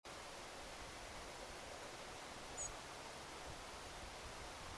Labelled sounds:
European Robin (Erithacus rubecula)

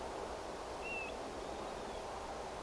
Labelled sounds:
European Golden Plover (Pluvialis apricaria), Northern Lapwing (Vanellus vanellus)

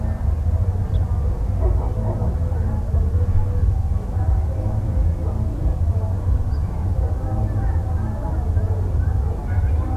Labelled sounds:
Ortolan Bunting (Emberiza hortulana)

